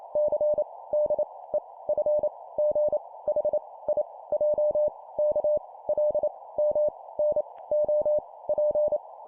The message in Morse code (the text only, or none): C D E F G H I J K L M N O P